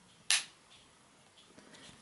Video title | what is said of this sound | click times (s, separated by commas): Review: iPhone X Case - Zizo [Bolt Series] | this and then you do want to push it until it snaps there | 0.3 s